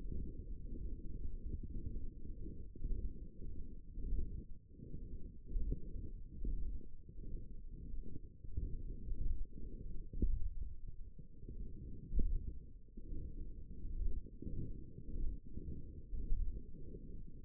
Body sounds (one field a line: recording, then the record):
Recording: forearm muscle sounds (acoustic myography)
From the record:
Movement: radial deviation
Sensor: system 1, eight BSWA MPA416 microphones around the upper forearm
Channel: 3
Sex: female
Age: 21 years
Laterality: right